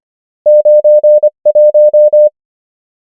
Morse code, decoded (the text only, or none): 9 1